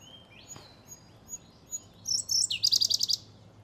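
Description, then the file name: Indian blue robin song: a few thin high introductory whistles, then a fast trilled phrase of sharp repeated notes, with faint background noise. "robin-indian-blue Larvivora-brunnea"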